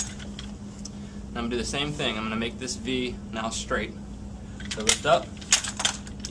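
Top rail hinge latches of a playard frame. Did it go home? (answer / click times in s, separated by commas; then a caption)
yes / 5.5 s, 6.2 s. Someone talks while lifting the second side's top rails of a Graco Pack 'n Play playard frame to straighten the V shape. Two sharp latch clicks sound at 5.5 s and 6.3 s as both top rail hinge latches lock into place.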